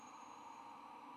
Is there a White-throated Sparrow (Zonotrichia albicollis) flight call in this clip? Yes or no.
no